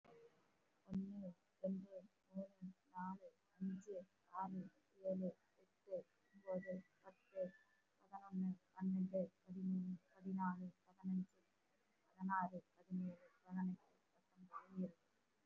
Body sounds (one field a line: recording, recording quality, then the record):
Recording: counting at a fast pace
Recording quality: excellent, no background noise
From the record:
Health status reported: respiratory illness, not identified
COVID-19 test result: negative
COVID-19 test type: RT-PCR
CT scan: not taken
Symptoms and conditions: cough, sore throat, fatigue, muscle pain, asthma, chronic lung disease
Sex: female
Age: 33 years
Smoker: no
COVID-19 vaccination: one dose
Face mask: worn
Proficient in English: no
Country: India